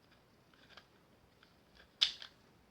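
A homemade cylinder is pushed into a Nagant revolver frame, with faint handling scrapes and taps before it. A sharp, bright click at 2.0 s, followed by a smaller one just after, marks the cylinder seating in the frame.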